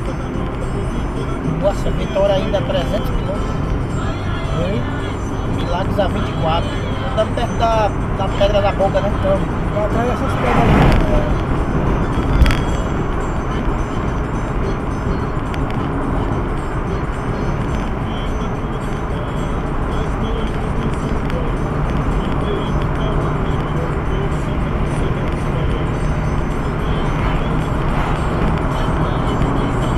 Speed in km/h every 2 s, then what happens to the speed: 78, 79, 80, 81, 82, 83, 84, 86, 87, 88, 90, 92, 94, 97, 99.
0-30 speeds up to 99.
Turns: none.